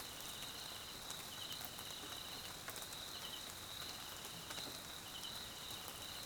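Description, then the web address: Crickets trilling steadily at a high pitch while shorter rapid chirp bursts recur, with rain hissing and dripping throughout. South African crickets, background ambience at night in rain, Mkhaya jungle, Swaziland. "Tonschliff - SOUTH AFRICAN CRICKETS BG Swaziland Mkhaya Jungle Night Rain"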